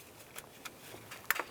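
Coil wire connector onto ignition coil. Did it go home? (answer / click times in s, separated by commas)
yes / 1.3 s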